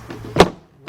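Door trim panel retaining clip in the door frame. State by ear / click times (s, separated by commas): released / 0.4 s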